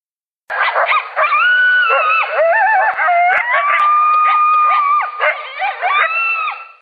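A group of coyotes giving excited yips and yelps that merge into long, wavering, overlapping howls, ending with another scatter of high yips.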